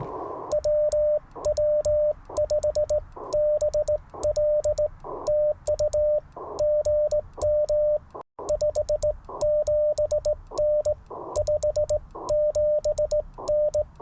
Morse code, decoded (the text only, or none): WW5BL TU GM 57N 57N